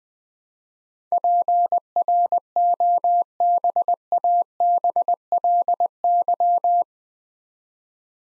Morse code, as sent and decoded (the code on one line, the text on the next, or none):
.--. .-. --- -... .- -... .-.. -.--
PROBABLY